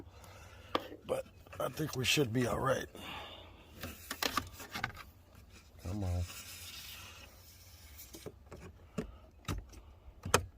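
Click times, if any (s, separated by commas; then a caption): 10.3 s. A custom plastic USB port mount, its retaining clips trimmed with a razor blade, is pushed into the plastic dash panel of an F150 truck while someone talks, with rubbing and scraping as it is worked into place. A sharp click is heard at 10.3 s as one side snaps in, but the other side will not seat.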